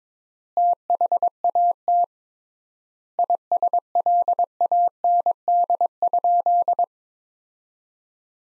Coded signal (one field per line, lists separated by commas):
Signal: Morse code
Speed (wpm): 23 wpm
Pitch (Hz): 700 Hz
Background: none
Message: THAT ISLAND?